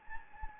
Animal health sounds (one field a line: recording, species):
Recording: mosquito wingbeat signal from an infrared sensor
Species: Anopheles gambiae